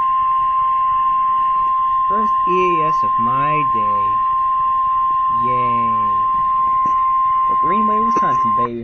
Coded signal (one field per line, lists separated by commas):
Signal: Emergency Alert System (SAME) tones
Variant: 1050 Hz attention tone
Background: speech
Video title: Special Marine Warning (EAS #52) 5/28/12